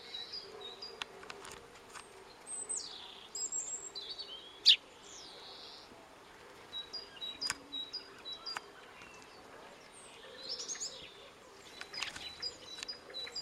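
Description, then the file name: European robin giving thin, high, sliding whistled notes in scattered short bursts, with faint clicks and ticks around them and low background hiss. "Erithacus rubecula"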